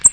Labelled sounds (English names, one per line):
American Redstart flight call